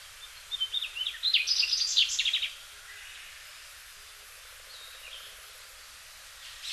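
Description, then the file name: Mugimaki flycatcher giving a rapid, twittering trill of high notes lasting about two seconds, then near silence with a few faint notes. Hyogo, Japan, May 2009. "mugimaki 0905 hyogo kaji"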